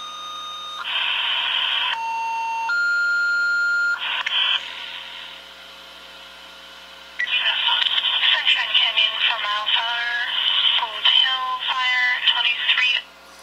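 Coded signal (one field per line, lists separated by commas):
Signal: two-tone page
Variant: fire dispatch tone out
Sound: radio hiss, a one-second tone, a higher two-second tone, then a dispatcher's voice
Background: radio static, dispatcher speech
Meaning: Alerts the assigned fire department's pagers before dispatch information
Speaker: i'm going to play a tone out for you that i just recorded on my phone just so you know what i'm talking about so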